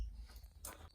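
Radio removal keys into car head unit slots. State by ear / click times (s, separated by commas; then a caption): seated / 0.6 s. Radio removal keys are pushed into the slots of a Chinese aftermarket head unit in an Audi TT MK2. Over a low background rumble, a sharp click is heard at 0.6 s as the keys clip in and seat.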